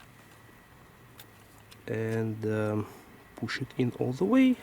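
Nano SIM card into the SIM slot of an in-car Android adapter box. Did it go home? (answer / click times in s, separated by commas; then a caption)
no / none. A nano SIM card is lined up and started into the SIM slot of an in-car Android adapter box for a 2019–2022 Toyota RAV4, with a faint handling tap at about 1.2 s. Someone then talks. The card has not yet been pushed fully home, and nothing has seated or clicked yet.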